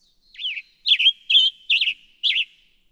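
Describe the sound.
Western tanager song: a faint thin note, then five hoarse, wavering phrases about half a second apart.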